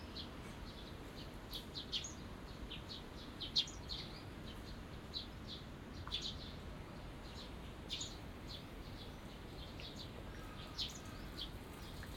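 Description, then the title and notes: Small birds giving scattered high chirps and short twitters, some notes louder than others, over a steady background hiss. Binaural recording in a small garden in a corner of Yushima Tenjin shrine, Tokyo, Japan, surrounded by buildings, after rain. "小鳥のさえずり、雨上がりの庭園にて（Binaural）- Birds singing in the garden. 湯島天神の片隅にある小さな庭園で録音しました。"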